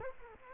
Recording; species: mosquito wingbeat signal from an infrared sensor; Culex quinquefasciatus